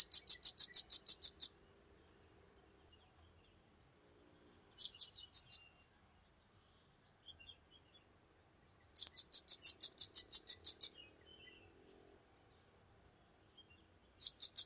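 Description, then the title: Velvet-fronted nuthatch song: high, sharp chipping notes in fast trilled bursts of up to a dozen, separated by pauses of several seconds, with one short burst between longer ones. "Suara burung rambatan"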